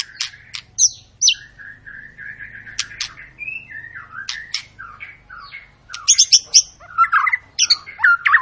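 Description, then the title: White-rumped shama song with scattered sharp clicks and soft warbled notes, building toward the end into loud, quick, jumbled whistles and high squeaks. Long lure recording meant to prompt other birds to sing; a continuously singing bird. "Pancingan Murai Batu Gacor Panjang"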